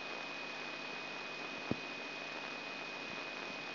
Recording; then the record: brain microelectrode recording played as sound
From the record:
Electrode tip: inside the subthalamic nucleus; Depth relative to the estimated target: -2 mm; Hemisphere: left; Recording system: AlphaMap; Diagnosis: Parkinson's disease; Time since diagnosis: 6 years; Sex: female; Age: 40 years